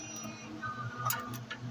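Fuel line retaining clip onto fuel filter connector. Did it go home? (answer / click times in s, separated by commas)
no / none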